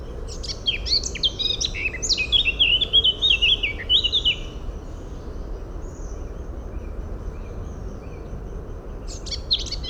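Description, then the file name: Eurasian blackcap song: a lively warbling phrase of quick varied notes lasting about four seconds, a short burst of notes near the end, low background rumble throughout. "Sylvia atricapilla"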